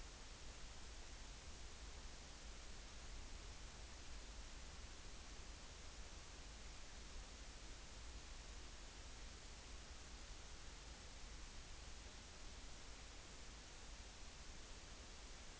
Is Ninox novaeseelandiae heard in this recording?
no